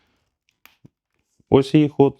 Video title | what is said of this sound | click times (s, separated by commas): Штатив який завжди з тобою: порівняння мініштативів PGYTECH MantisPod та ULANZI MT-29. | вона зафіксувалась ось її ход все у вас інших варіантів нема | 0.7 s